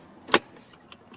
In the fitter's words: push forward till it snaps in and then